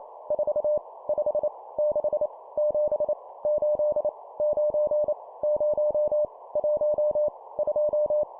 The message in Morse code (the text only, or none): 4 5 6 7 8 9 0 1 2